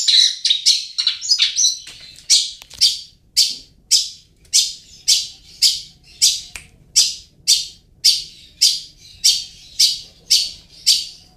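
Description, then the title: Bird giving harsh chirps in a fairly regular series of about two a second, after a faster, more jumbled start. "SuaraBurung Kicau"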